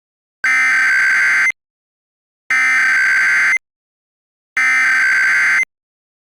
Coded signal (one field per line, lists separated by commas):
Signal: Emergency Alert System (SAME) tones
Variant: header bursts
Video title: This is sneak peek of new Collaboration EAS scenario with @kadendrawmaster312 and @AlesWorld240